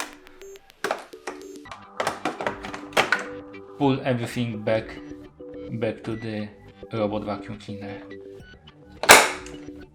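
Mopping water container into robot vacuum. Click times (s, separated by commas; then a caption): 9.0 s. The refilled plastic mopping kit (water container) of a Samsung POWERbot robot vacuum is pushed back onto the underside of the vacuum while someone talks over background music. A sharp click at 9.0 seconds marks the kit seating home on the robot vacuum.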